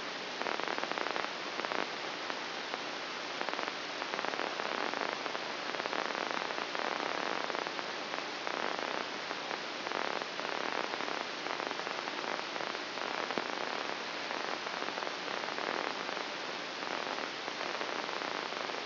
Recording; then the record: brain microelectrode recording played as sound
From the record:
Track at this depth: inside the subthalamic nucleus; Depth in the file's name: 4.908 mm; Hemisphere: left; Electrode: 2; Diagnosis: Parkinson's disease